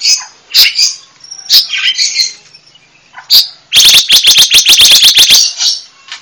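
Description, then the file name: Panca warna bird song: sharp high chirps and sweeps, then a loud burst of rapid repeated notes in the second half. Indonesian songbird giving a loud, full song, described as ngeplong kencang. "Kicau Burung Panca Warna Ngeplong Kencang"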